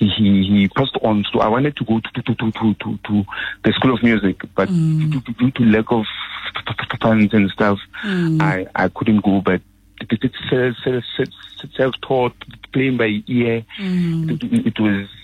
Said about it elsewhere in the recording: You have a stutter, but music has helped you. Music is the only thing that when I do, I don't stutter.